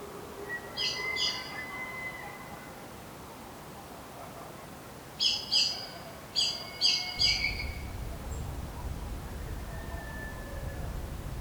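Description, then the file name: Common blackbird calls: clusters of two or three hard, high chinking notes, one early and several more close together later, alongside a drawn-out thin whistle. "Turdus merula"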